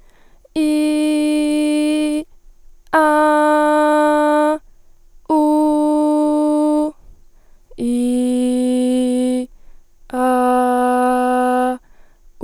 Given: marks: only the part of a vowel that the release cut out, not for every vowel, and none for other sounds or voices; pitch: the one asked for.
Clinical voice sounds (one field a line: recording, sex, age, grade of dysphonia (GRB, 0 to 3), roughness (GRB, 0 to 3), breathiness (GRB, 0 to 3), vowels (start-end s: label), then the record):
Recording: sustained vowels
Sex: female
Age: 20 to 29 years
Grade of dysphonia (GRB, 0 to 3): 0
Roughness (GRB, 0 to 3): 0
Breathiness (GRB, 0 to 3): 0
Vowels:
0.73-2.07 s: vowel /i/, high pitch
3.11-4.38 s: vowel /a/, high pitch
5.46-6.78 s: vowel /u/, high pitch
7.94-9.29 s: vowel /i/, low pitch
10.32-11.61 s: vowel /a/, low pitch
From the record:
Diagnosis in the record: healthy voice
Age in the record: 20 years